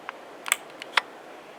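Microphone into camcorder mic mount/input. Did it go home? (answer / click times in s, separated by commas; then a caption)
yes / 1.0 s. A microphone is pushed with effort, using an arm, into its mount or input on a Canon XA11 camcorder. Short faint clicks at about 0.1 s and 0.5 s are followed by a sharp click at 1.0 s as it seats. The microphone is confirmed in place.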